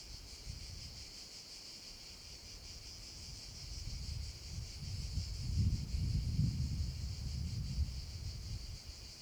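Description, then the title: Cicadas buzz steadily at high pitch while gusts of wind rumble loudly underneath, swelling in the second half. Cicadas in an abandoned quarry, with wind; recorded with a Zoom H6 and MS capsule. "Cava abbandonata - Vento e cicale nella cava"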